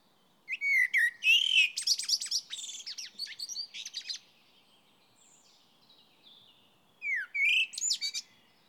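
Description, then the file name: Common blackbird song: a long phrase of warbling whistles dissolving into high scratchy twitters, a pause, then a shorter fluted phrase with a squeaky tail. "Turdus merula"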